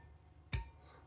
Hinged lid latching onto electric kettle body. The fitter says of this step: Nice little clip on, clip off lid. Can hear a little clicking mechanism.